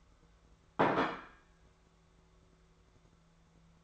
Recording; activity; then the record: daily activity, microphone in the room; place plate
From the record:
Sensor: 3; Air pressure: 1015.0 hPa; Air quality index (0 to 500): 209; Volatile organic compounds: 34 ppm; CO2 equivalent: 3047 ppm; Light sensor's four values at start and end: 35/81/36/39 and 35/82/36/39